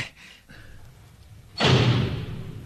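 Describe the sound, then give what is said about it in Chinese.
A quiet stretch of low rumbling, then a heavy door of a secret chamber, turned to the left, heaves open as it is pulled, with a loud, sustained grinding rush and a deep droning hum that carries on for about a second. “好，向左转，再拉道门出嚟就得噶啦。”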